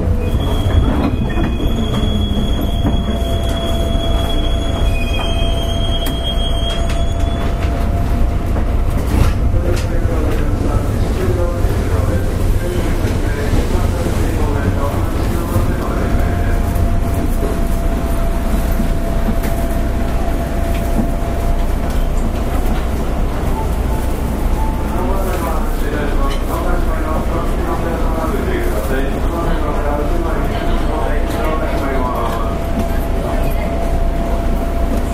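Riding a JR 201 series train on the Osaka Loop Line, a steady low rumble of the running train fills the whole stretch. A thin steady whine rises and holds, with a high tone in the first seven seconds, and voices murmur intermittently throughout.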